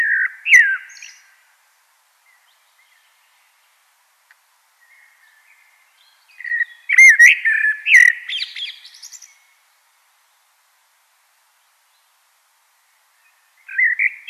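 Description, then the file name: Common blackbird singing fluted low whistles with high, thin twittering; three phrases separated by long pauses, the last one cut short. "Turdus merula"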